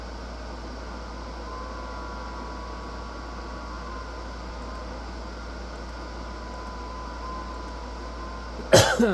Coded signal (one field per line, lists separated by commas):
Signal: FT8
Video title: Every time I get on 6 meters the California people qrm me